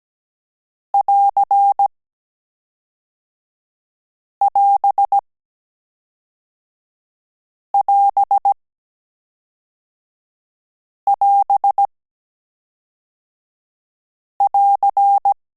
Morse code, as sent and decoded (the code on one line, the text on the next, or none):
.-.-. .-... .-... .-... .-.-.
<AR><AS><AS><AS><AR>